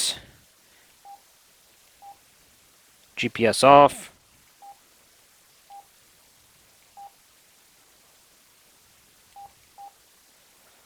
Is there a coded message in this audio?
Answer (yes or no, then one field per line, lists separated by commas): no